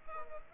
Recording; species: mosquito wingbeat signal from an infrared sensor; Culex quinquefasciatus